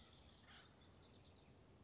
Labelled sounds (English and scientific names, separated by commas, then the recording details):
Acorn Woodpecker (Melanerpes formicivorus)
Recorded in Sonoma County, California